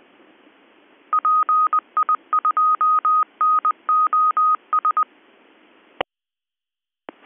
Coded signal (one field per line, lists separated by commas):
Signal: Morse code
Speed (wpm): 20 wpm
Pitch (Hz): 1250 Hz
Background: none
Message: PI2NOS